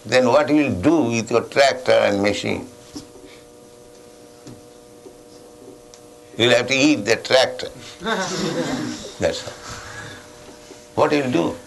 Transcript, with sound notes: Then what you will do with your tractor and machine? You'll have to eat the tractor. [laughter] That's all. What you will do?